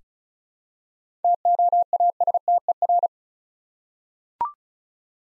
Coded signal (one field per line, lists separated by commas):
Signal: Morse code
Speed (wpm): 36 wpm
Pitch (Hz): 700 Hz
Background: none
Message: TOASTER